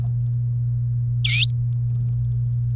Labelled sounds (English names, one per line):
Domestic Canary song